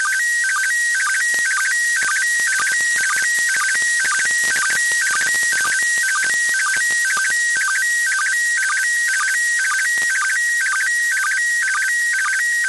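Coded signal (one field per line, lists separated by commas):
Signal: SSTV (slow-scan television)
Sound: warbling tone jumping between two pitches with rapid low blips, repeating steadily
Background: radio static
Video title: ISS SSTV Broadcast 29.12.2021 @08:36 UTC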